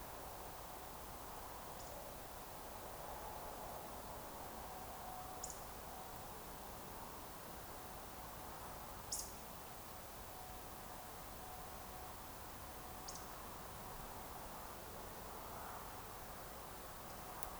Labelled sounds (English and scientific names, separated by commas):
Eurasian Woodcock (Scolopax rusticola)